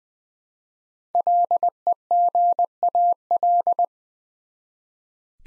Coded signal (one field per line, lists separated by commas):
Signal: Morse code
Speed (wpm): 20 wpm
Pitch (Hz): 700 Hz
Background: none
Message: LEGAL